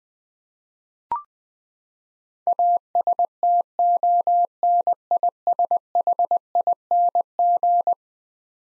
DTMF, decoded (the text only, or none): none